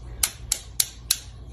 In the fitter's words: You can hear those positive clicks and then you can lock it.